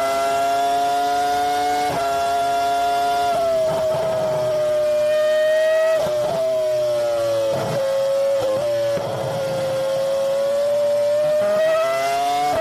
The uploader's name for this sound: Formula One Race Car